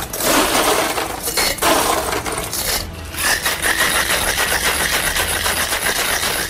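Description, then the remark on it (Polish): A cocktail shaker is shaken hard with ice to mix a Singapore Sling of gin, brandy, liqueurs, pineapple and lime juice, angostura and grenadine, producing a loud, continuous rattling clatter of ice chunks against metal in a fast, steady rhythm, with a brief pause midway. “Wszystko wymieszać w shakerze.”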